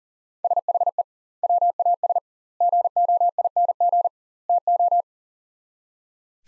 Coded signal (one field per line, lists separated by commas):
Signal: Morse code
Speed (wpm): 40 wpm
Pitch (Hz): 700 Hz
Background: none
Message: SHE WAS GOING TO